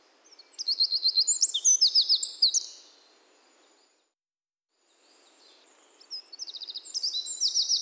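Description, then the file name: Eurasian wren song: a loud, rapid burst of high trills and sharp notes for about two seconds, a pause of about three seconds, then another fast, rattling outburst begins. "Troglodytes troglodytes"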